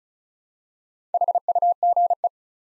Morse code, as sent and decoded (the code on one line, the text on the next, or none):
.... ..- --. .
HUGE